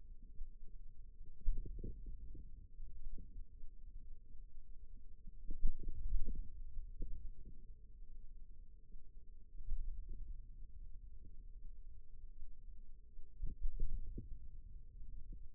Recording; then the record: forearm muscle sounds (acoustic myography)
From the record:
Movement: inward rotation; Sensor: system 2, bracelet of six BSWA MPA416 microphones around the upper forearm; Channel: 4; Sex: female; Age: 22 years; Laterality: right